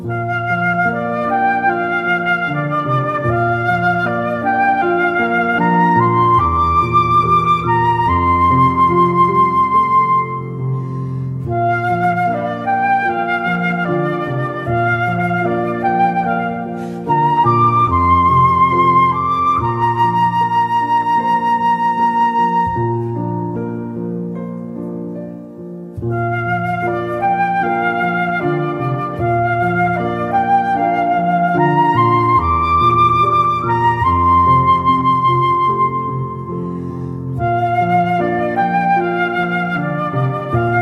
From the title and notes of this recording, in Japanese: 京都 八阪神社 をけら詣り。大晦日神社境内に夜の帳が降りる頃神官が灯籠に火をともすのは何年も変わらない。